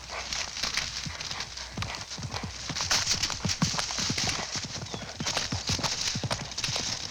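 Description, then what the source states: Horse hooves pounding in a steady gallop, each stride scattering crackling, rustling leaves, with dense hiss-like leaf noise. Galloping through leaves.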